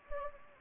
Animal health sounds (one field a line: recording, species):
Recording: mosquito wingbeat signal from an infrared sensor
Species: Anopheles gambiae